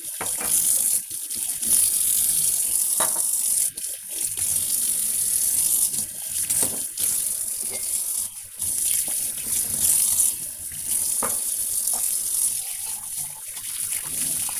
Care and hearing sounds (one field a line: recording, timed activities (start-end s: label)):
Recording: household activities, microphone on the right wrist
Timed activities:
0.00-14.60 s: washing dishes